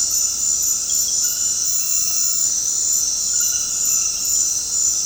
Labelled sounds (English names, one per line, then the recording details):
none
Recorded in dense forest near Puerto Asís, Putumayo, Colombia, on 21 February 2024 at 22:00
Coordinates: 0.485, -76.318
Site G6408